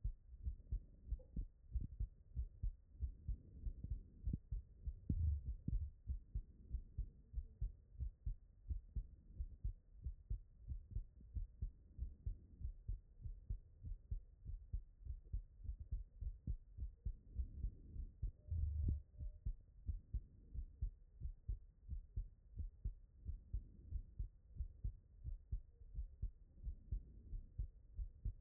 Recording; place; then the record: heart sounds by stethoscope; tricuspid valve (TV)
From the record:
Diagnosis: non-HFrEF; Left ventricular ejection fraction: 47%